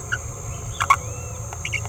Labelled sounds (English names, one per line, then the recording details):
Green-rumped Parrotlet babbling
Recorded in a nest box in Venezuela
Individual 18B17A5